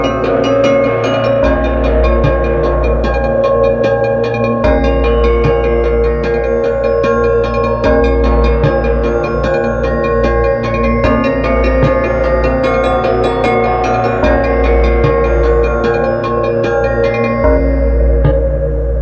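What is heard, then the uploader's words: A sampled singing bowl rings in thick, overlapping tones over a steady low drone, with reverb and distorted delay smearing the notes together. New strikes and shimmering repeats flicker in the upper tones every second or two, while the overall loudness stays constant throughout. A demo of sampled instrument: Singing Bowl. Singing Bowl sampled instrument - reverb - distorted delay fx - autopan fx.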